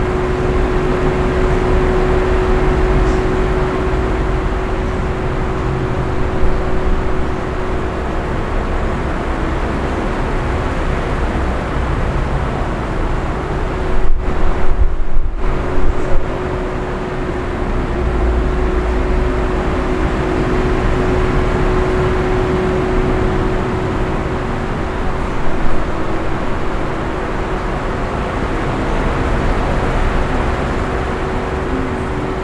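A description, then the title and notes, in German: A fan runs steadily in a hotel room, a dense, even rushing hiss with a constant low hum and a thin whining tone underneath. Around fifteen seconds there is a brief change, with a couple of short dips and bumps, then the same steady drone resumes. Hotelzimmer-Idylle: Entspannung mit dem sanften Summen eines Ventilators. Geräuschen eines Hotelzimmers mit Ventilator.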